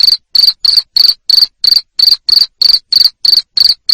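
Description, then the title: Cricket chirps, shrill and pulsed, repeating steadily about three times per second with short silent gaps between them. Loud cricket chirping played to stimulate lovebirds into continuous ngekek singing. "Suara JANGKRIK NGERIK Keras Bikin LOVEBIRD Jadi NGEKEK Terus Vubey"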